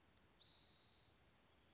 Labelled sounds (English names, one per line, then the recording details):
Spotted Towhee
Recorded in Sonoma County, California